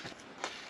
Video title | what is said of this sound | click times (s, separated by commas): Transmission Service & Upgrade - Project Cheap Jeep Part 3 | you just screw until you sort of feel it click the threads or it gets super loose and then this should | 0.4 s